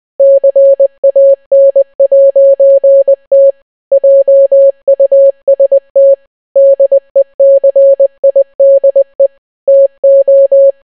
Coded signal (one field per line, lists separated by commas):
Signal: Morse code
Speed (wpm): 20 wpm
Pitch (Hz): 550 Hz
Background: none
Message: CAN'T JUST DECIDE TO